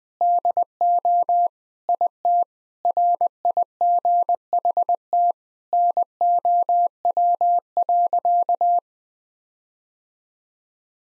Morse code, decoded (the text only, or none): DO IT RIGHT NOW.